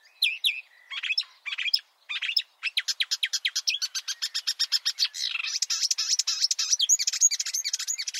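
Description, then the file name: Marsh warbler singing a quick, varied phrase of short high notes that runs into a long, rapid, rhythmic series of sharp chips, ending in dense buzzy chatter. Chirping song. "suara kicauan burung marsh warbler. omkicau"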